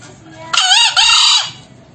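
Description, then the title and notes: Green junglefowl crow, a single rasping two-syllable call, the two parts of about equal length, the second hoarse, over a faint low background hum. Crowing used as a lure for trapping, meant to make birds that have gone quiet call back. "Kokok Ayam Hutan. MASTERAN AYAM HUTAN HIJAU YANG MACET BUNYI WAJIB NYAUT. Pemikat Ayam Hutan"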